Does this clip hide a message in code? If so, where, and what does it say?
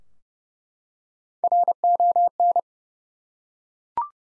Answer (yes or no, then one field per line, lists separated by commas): yes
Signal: Morse code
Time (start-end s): 1.4-2.6 s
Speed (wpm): 30 wpm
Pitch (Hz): 700 Hz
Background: none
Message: RON